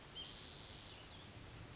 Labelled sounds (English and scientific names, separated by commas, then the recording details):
Spotted Towhee (Pipilo maculatus)
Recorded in Sonoma County, California